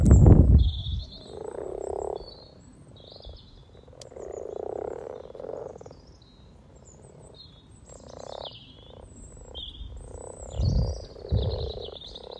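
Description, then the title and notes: Frogs croaking together in short purring bursts, some louder than others, with low thumps at the start and end and birdsong. Chorus of about 20 frogs in a sunny garden pond, welcoming arriving females come to spawn; Freshfield, Formby, Merseyside, UK; sunny St Patrick's Day lunchtime, 17 March 2023, spring. "Relaxation Frog Chorus Capturing Voices 2023 Spring first lunch outside. Frog chorus captured on 17th March 2023, Freshfield Formby Merseyside, UK Our first lunch outside on sunny St Patrick’s day 17 March 2023"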